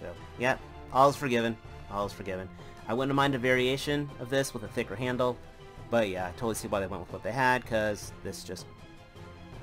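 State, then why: Not seated. A man talks over background music while fitting an alternate plastic accessory sword, whose handle is too thin, into the hand of a Hasbro Walgreens Exclusive Marvel Legends Zemo action figure. The sword fails to snap into the hand, and nothing has seated or clicked yet.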